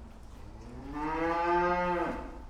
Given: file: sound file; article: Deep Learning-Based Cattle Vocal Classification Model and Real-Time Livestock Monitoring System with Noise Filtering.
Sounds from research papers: cattle; food anticipating call

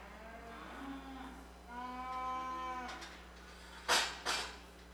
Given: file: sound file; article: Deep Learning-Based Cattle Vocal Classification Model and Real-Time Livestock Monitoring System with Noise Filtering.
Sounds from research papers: cattle; normal call

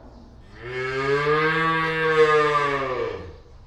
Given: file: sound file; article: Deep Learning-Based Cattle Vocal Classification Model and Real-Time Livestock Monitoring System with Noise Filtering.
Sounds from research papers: cattle; normal call

